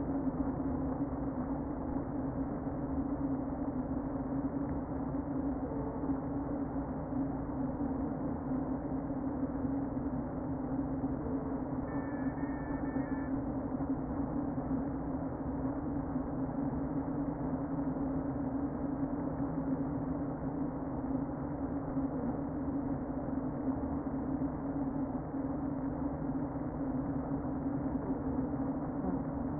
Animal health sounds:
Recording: honeybee colony, microphone inside the hive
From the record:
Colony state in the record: queen present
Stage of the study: before two queens were removed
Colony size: about 60,000 bees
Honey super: yes

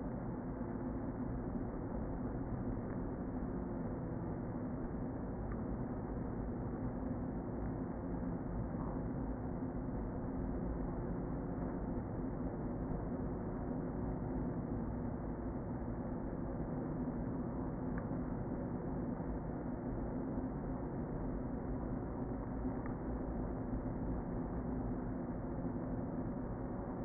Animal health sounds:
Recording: honeybee colony, microphone inside the hive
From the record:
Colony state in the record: queen present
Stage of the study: before two queens were removed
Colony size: about 60,000 bees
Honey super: yes

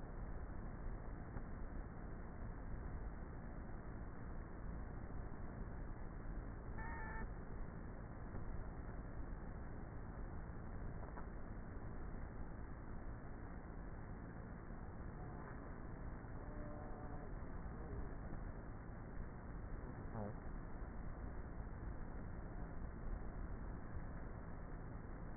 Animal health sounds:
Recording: honeybee colony, microphone inside the hive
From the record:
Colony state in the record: queenless with a low population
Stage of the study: before two queens were removed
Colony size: about 30,000 bees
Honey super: no

